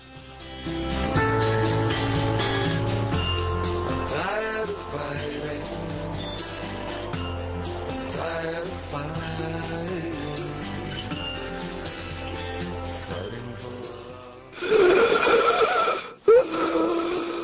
Sound of an asthma attack.